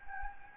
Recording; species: mosquito wingbeat signal from an infrared sensor; Anopheles gambiae